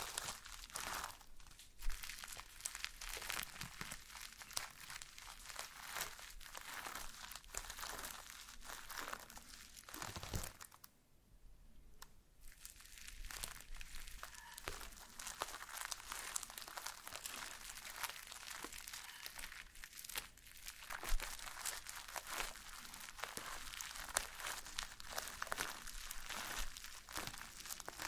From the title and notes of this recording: ASMR SLIME No Talking Satisfying slime Sounds.